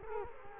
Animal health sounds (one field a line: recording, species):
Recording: mosquito wingbeat signal from an infrared sensor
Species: Culex quinquefasciatus